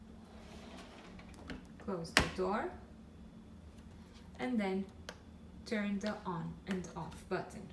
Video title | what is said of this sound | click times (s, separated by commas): Beko Dishwasher | close it until you hear a click | 1.5 s